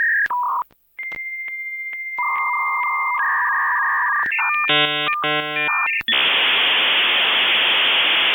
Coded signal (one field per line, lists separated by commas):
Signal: dial-up modem handshake